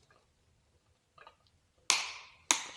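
A click-type torque wrench tightens the second engine bolt, with some quiet ratcheting ticks first, then a loud sharp click at 1.9 s as it reaches the 60 ft-lb setting. A second sharp click follows at 2.5 s. The bolt is confirmed torqued to 60 ft-lb.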